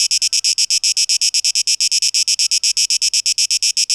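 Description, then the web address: Cicada sound: sharp, hissing pulses, several per second, evenly spaced and equally loud. Tape echo mix, 12 August 2023. "rauschpartikel Audio 2023-08-12 Zikaden"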